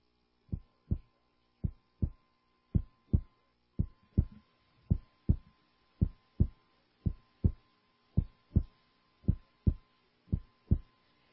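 Steady paired lub-dub heartbeats at about 54 a minute, with a faint background hum; an ordinary heartbeat.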